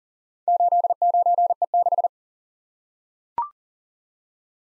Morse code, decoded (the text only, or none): 89E6